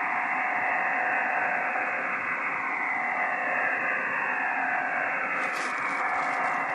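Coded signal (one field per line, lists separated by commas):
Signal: digital SSTV (DRM)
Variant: EasyPal (DRM)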